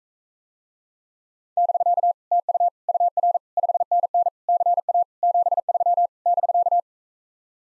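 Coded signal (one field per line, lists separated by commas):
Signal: Morse code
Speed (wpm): 44 wpm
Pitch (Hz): 700 Hz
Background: none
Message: <BK> TU UR 5NN CA 73 <BK>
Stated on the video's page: Common QSO phrases speed drill starting fast and slowing to a 28 wpm base; fastest speed 1.5 times slowest, final repeat once at maximum speed.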